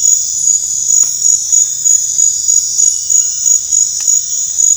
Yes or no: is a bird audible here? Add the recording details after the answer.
no. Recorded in dense forest near Puerto Asís, Putumayo, Colombia, on 22 December 2024 at 22:00. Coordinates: 0.468, -76.322. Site G071